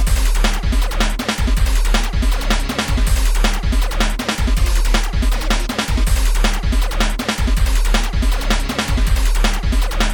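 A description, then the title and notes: Game music from an old video game console plays at a steady, loud level throughout. Heavy low thumps land on a quick, regular beat, with bright buzzy tones and crisp percussive ticks packed densely on top and no pauses. My 2600. The sounds of my very first video game console.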